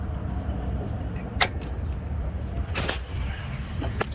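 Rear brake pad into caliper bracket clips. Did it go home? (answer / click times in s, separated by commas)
yes / 4.0 s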